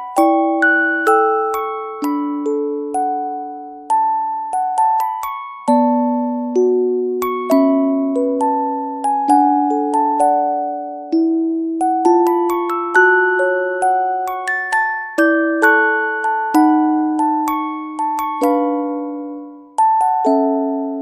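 A music box plays a slow, tinkling melody of bright plucked notes, each ringing and fading before the next. Low notes sustain beneath a higher tune at an even, unhurried pace, clean, ending with a brief pause.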